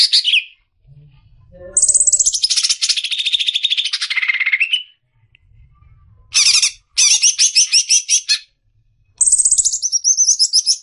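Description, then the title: Greater green leafbird song: sweeping whistled notes that slide downward, then short bursts of fast, scratchy chatter separated by brief pauses. Long cackling song style (ngekek panjang), used as a master recording for training songbirds for singing contests. "mster Mnuk. MASTERAN CUCAK IJO NGEKEK PANJANG COCOK BAGI YANG MAU TARUNG KICAU"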